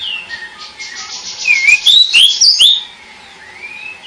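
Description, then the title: Bird song of whistled, slurred notes sweeping between mid and high pitch, with a dense burst of chirps in the middle and a faint steady tone underneath. "burung"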